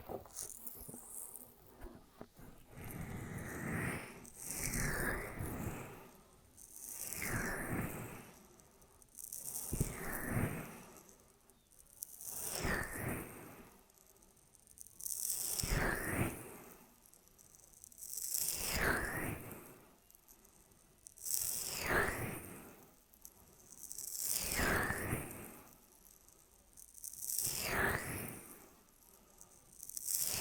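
Ear massage triggers: slow, regular rubbing strokes that swell and fade about every three seconds, each a soft rustling sweep. The texture is dense and papery, with a faint rattly grit, and a low steady hum sits underneath between strokes.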